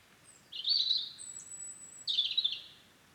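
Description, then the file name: European robin giving two short bursts of high, tinkling trilled notes about a second and a half apart, with a thin sustained high whistle between. "Erithacus rubecula"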